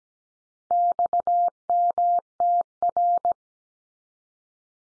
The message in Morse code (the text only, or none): XMTR